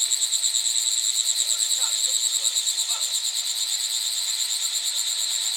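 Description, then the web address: Cicadas in a dense, steady high buzzing chorus, pulsing evenly without a break. Several cicadas recorded in China. "China Cicadas Wall"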